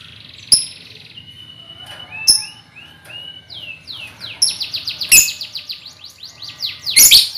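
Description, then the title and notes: Lovebird chattering: fast, repeated bending squeaky notes building into a dense twittering run, punctuated by sharp harsh chirps. Lovebird ngekek song, used as a lure song (kicau pancingan). "Master Kicau Lovebird ngekek, kicau pancingan"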